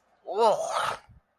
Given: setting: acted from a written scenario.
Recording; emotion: vocal sound without words; disgust